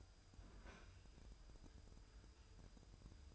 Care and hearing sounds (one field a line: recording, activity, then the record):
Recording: daily activity, microphone in the room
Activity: open fridge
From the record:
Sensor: 2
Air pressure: 988.3 hPa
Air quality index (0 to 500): 194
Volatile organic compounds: 204 ppm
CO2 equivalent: 4225 ppm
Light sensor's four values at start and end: 22/73/29/27 and 22/73/29/27